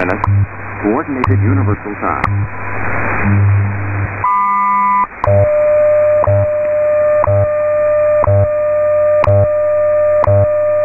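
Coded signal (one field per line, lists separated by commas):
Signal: radio time signal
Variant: WWV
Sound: brief voice, then a steady tone interrupted by about six once-per-second ticks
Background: radio static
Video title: 14 - WWV Atomic Clock [5000 kHz AM] [03-03-20]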